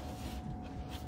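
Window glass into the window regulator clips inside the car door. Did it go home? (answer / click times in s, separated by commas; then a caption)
no / none. The front door window glass of a Jaguar XF Mk1 (X250) is being handled as it is lowered into the window regulator's plastic clips inside the car door. Only a steady low rumble with a faint constant tone is heard, with no sharp hits. Nothing has seated or clicked yet.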